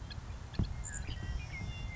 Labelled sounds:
Savannah Sparrow (Passerculus sandwichensis)
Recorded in Sonoma County, California

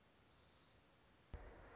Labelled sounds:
Orange-crowned Warbler (Leiothlypis celata)
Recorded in Sonoma County, California

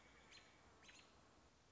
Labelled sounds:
American Robin (Turdus migratorius)
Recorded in Sonoma County, California

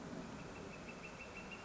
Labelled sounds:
Northern Flicker (Colaptes auratus)
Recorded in Sonoma County, California

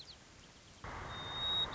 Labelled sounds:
White-crowned Sparrow (Zonotrichia leucophrys)
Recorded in Sonoma County, California

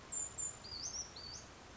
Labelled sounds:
Brown Creeper (Certhia americana)
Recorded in Sonoma County, California

